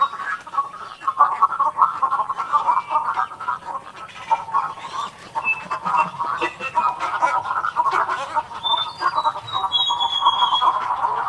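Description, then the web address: Cattle egret: throaty croaking calls of many cattle egrets merge into a steady rasping din, with brief high whistles now and then. "Large Wading Birds AZFO. deviche"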